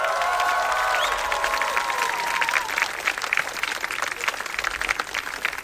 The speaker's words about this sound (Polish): To są oczywiście brawa dla Państwa. Moje serce ogromnie się raduje, widząc po prostu zapełniony cały dziedziniec. Zresztą idąc tutaj widziałem kolejkę, więc nie wiem, przetestujmy to, nie wiem, jakieś okrzyki, brawa, sprawdźmy to jak jest.